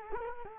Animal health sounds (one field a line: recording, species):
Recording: mosquito wingbeat signal from an infrared sensor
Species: Culex quinquefasciatus